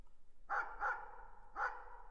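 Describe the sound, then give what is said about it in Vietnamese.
A black dog barks loudly outside a door three times, two quick sharp barks followed by a third after a short pause, each with a harsh, mid-pitched ring. No one speaks. “Con chó mực sủa inh ỏi ngoài cửa, biết có người đang đến, ông Bảy Cư liền ra đón.”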